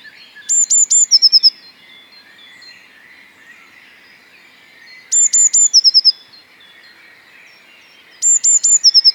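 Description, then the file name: Eurasian blue tit song: three thin, very high notes followed by a quick, slightly lower trill, given three times, over a faint chorus of other birds. "Cyanistes caeruleus"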